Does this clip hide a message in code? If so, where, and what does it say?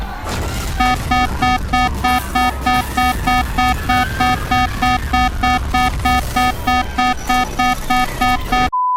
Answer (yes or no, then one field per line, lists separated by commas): no